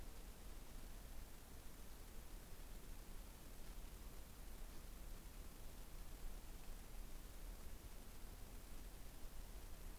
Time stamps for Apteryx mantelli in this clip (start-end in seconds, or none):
none